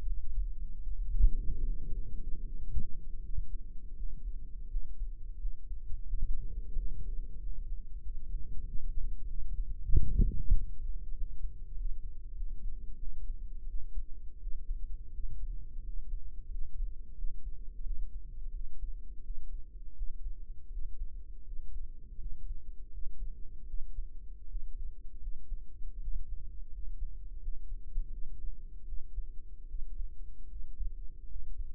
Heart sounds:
heart sounds by microphone in the right ear; 85 bpm
0.80 s: heartbeat
1.60 s: heartbeat
2.40 s: heartbeat
3.19 s: heartbeat
3.93 s: heartbeat
4.66 s: heartbeat
5.36 s: heartbeat
6.05 s: heartbeat
6.73 s: heartbeat
7.36 s: heartbeat
7.99 s: heartbeat
8.62 s: heartbeat
9.24 s: heartbeat
9.88 s: heartbeat
10.51 s: heartbeat
11.12 s: heartbeat
11.72 s: heartbeat
12.32 s: heartbeat
12.95 s: heartbeat
13.64 s: heartbeat
14.37 s: heartbeat
15.10 s: heartbeat
15.80 s: heartbeat
16.46 s: heartbeat
17.13 s: heartbeat
17.81 s: heartbeat
18.50 s: heartbeat
19.20 s: heartbeat
19.92 s: heartbeat
20.67 s: heartbeat
21.42 s: heartbeat
22.16 s: heartbeat
22.88 s: heartbeat
23.64 s: heartbeat
24.46 s: heartbeat
25.17 s: heartbeat
25.98 s: heartbeat
26.68 s: heartbeat
27.37 s: heartbeat
28.08 s: heartbeat
28.83 s: heartbeat
29.65 s: heartbeat
30.46 s: heartbeat
31.24 s: heartbeat
From the record:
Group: healthy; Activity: rest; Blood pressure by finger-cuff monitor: 98/54 mmHg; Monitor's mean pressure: 68 mmHg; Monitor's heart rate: 84 bpm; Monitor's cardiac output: 7.2 L/min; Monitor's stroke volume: 85 mL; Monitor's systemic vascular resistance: 670 dyn s/cm5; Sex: female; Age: 26 years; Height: 165 cm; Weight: 55 kg

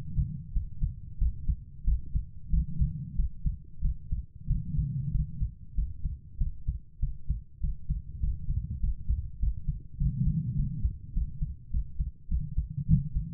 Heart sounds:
heart sounds by stethoscope; 97 bpm
0.51 s: heartbeat
1.17 s: heartbeat
1.83 s: heartbeat
2.49 s: heartbeat
3.15 s: heartbeat
3.80 s: heartbeat
4.46 s: heartbeat
5.10 s: heartbeat
5.74 s: heartbeat
6.37 s: heartbeat
6.99 s: heartbeat
7.59 s: heartbeat
8.19 s: heartbeat
8.79 s: heartbeat
9.38 s: heartbeat
9.97 s: heartbeat
10.54 s: heartbeat
11.12 s: heartbeat
11.70 s: heartbeat
12.27 s: heartbeat
12.86 s: heartbeat
From the record:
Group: healthy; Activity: rest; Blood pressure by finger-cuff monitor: 111/69 mmHg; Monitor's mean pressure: 83 mmHg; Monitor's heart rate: 96 bpm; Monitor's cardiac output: 7.6 L/min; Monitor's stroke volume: 81 mL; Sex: female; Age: 32 years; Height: 172 cm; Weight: 71.7 kg

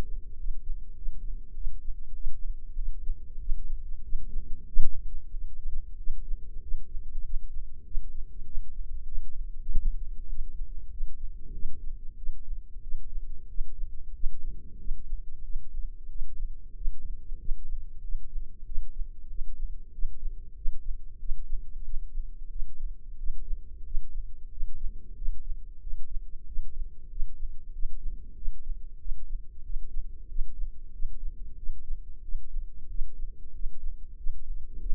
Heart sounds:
heart sounds by microphone in the right ear; 94 bpm
0.36 s: heartbeat
0.94 s: heartbeat
1.53 s: heartbeat
2.13 s: heartbeat
2.75 s: heartbeat
3.38 s: heartbeat
4.01 s: heartbeat
4.66 s: heartbeat
5.30 s: heartbeat
5.96 s: heartbeat
6.60 s: heartbeat
7.22 s: heartbeat
7.83 s: heartbeat
8.44 s: heartbeat
9.04 s: heartbeat
9.65 s: heartbeat
10.27 s: heartbeat
10.89 s: heartbeat
11.52 s: heartbeat
12.15 s: heartbeat
12.80 s: heartbeat
13.46 s: heartbeat
14.12 s: heartbeat
14.77 s: heartbeat
15.42 s: heartbeat
16.07 s: heartbeat
16.73 s: heartbeat
17.37 s: heartbeat
18.01 s: heartbeat
18.64 s: heartbeat
19.27 s: heartbeat
19.90 s: heartbeat
20.54 s: heartbeat
21.17 s: heartbeat
21.82 s: heartbeat
22.48 s: heartbeat
23.16 s: heartbeat
23.83 s: heartbeat
24.48 s: heartbeat
25.14 s: heartbeat
25.79 s: heartbeat
26.44 s: heartbeat
27.08 s: heartbeat
27.71 s: heartbeat
28.34 s: heartbeat
28.97 s: heartbeat
29.62 s: heartbeat
30.26 s: heartbeat
30.90 s: heartbeat
31.55 s: heartbeat
32.21 s: heartbeat
32.87 s: heartbeat
33.51 s: heartbeat
34.15 s: heartbeat
34.78 s: heartbeat
From the record:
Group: healthy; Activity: rest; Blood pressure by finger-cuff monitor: 110/66 mmHg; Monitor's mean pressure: 78 mmHg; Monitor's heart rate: 94 bpm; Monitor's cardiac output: 8.2 L/min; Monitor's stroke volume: 88 mL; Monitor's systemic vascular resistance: 680 dyn s/cm5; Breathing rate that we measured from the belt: 18 breaths a minute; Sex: male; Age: 19 years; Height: 178 cm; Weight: 83 kg

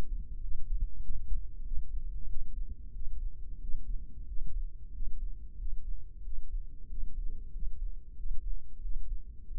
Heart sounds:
heart sounds by microphone in the left ear; 93 bpm
0.43 s: heartbeat
1.03 s: heartbeat
1.66 s: heartbeat
2.30 s: heartbeat
2.95 s: heartbeat
3.62 s: heartbeat
4.29 s: heartbeat
4.95 s: heartbeat
5.60 s: heartbeat
6.26 s: heartbeat
6.91 s: heartbeat
7.54 s: heartbeat
8.18 s: heartbeat
8.84 s: heartbeat
9.49 s: heartbeat
From the record:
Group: healthy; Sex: male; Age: 21 years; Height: 175 cm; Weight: 72.6 kg

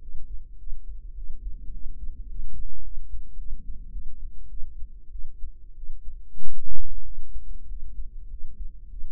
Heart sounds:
heart sounds by microphone in the right ear; 101 bpm
0.00 s: heartbeat
0.58 s: heartbeat
1.15 s: heartbeat
1.72 s: heartbeat
2.28 s: heartbeat
2.83 s: heartbeat
3.37 s: heartbeat
3.92 s: heartbeat
4.49 s: heartbeat
5.11 s: heartbeat
5.75 s: heartbeat
6.40 s: heartbeat
7.04 s: heartbeat
7.68 s: heartbeat
8.29 s: heartbeat
8.89 s: heartbeat
From the record:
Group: healthy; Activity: cold pressor test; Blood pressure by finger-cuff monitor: 173/128 mmHg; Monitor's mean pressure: 143 mmHg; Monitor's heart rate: 100 bpm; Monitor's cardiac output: 7.7 L/min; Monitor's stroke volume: 75 mL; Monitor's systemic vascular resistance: 1430 dyn s/cm5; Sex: male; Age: 23 years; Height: 179 cm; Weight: 87 kg

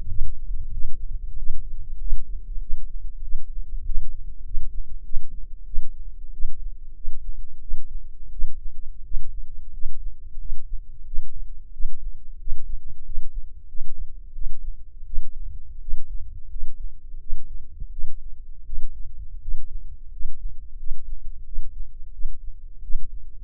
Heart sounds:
heart sounds by microphone in the left ear; 90 bpm
0.06 s: heartbeat
0.71 s: heartbeat
1.36 s: heartbeat
1.97 s: heartbeat
2.59 s: heartbeat
3.21 s: heartbeat
3.83 s: heartbeat
4.43 s: heartbeat
5.02 s: heartbeat
5.64 s: heartbeat
6.31 s: heartbeat
6.93 s: heartbeat
7.59 s: heartbeat
8.30 s: heartbeat
9.02 s: heartbeat
9.70 s: heartbeat
10.37 s: heartbeat
11.04 s: heartbeat
11.70 s: heartbeat
12.37 s: heartbeat
13.02 s: heartbeat
13.66 s: heartbeat
14.32 s: heartbeat
15.04 s: heartbeat
15.79 s: heartbeat
16.48 s: heartbeat
17.18 s: heartbeat
17.89 s: heartbeat
18.63 s: heartbeat
19.39 s: heartbeat
20.09 s: heartbeat
20.76 s: heartbeat
21.43 s: heartbeat
22.10 s: heartbeat
22.80 s: heartbeat
From the record:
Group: healthy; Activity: rest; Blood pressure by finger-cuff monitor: 144/79 mmHg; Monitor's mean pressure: 101 mmHg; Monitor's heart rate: 90 bpm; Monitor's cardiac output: 7.9 L/min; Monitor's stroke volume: 89 mL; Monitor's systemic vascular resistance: 960 dyn s/cm5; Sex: male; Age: 21 years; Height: 180 cm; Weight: 67.5 kg

